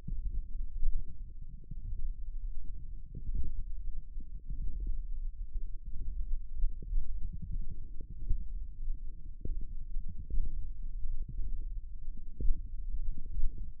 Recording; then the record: forearm muscle sounds (acoustic myography)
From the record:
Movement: radial deviation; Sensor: system 1, eight BSWA MPA416 microphones around the upper forearm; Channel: 8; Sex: male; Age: 18 years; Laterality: right